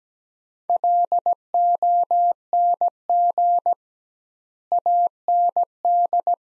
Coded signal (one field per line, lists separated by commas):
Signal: Morse code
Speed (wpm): 17 wpm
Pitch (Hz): 700 Hz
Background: none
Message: LONG AND